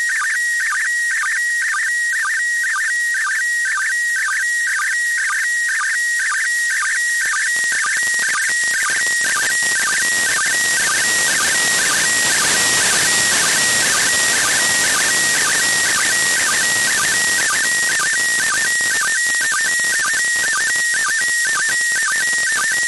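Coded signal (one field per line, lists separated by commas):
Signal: SSTV (slow-scan television)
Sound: steady whistling tone alternating with warbling chirps, repeating about twice a second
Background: radio static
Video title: ISS SSTV Broadcast 29.12.2021 @08:36 UTC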